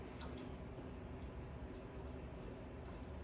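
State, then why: Not seated. A throttle linkage clip is worked into position on the carburetor linkage of a Predator 9000 Watt portable generator during its conversion from gasoline to propane and natural gas. A steady low hum runs throughout, with faint handling noises. Nothing has snapped or clicked into place yet.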